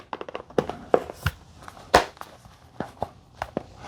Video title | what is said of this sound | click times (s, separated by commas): O-Cedar Spin Mop REVIEW | and just line it up and you'll kind of you'll kind of hear it snap when you step on it | 0.6 s, 0.9 s, 1.3 s, 1.9 s, 3.0 s, 3.4 s